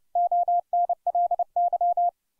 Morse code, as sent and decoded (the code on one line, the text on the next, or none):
--- -. .-.. -.--
ONLY